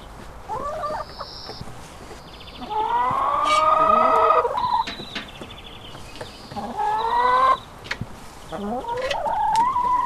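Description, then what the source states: Chicken: hens calling with drawn-out, wavering, harmonic cackles of one to two seconds, separated by brief clucks and short rising notes. Hens; recorded 5 April 2014.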